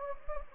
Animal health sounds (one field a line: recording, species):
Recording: mosquito wingbeat signal from an infrared sensor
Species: Anopheles gambiae